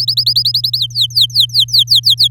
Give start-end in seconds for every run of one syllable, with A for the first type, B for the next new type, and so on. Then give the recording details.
0.00-0.78 A, 0.79-2.28 B. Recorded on 9 May 2018 at 06:14. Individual llb16